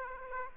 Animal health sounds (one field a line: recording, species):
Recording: mosquito wingbeat signal from an infrared sensor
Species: Aedes aegypti